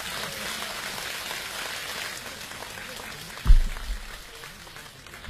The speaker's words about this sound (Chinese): 下面以热烈的掌声有请二大爷 来，在这儿呢。 二大爷， 掌声欢迎 二大爷。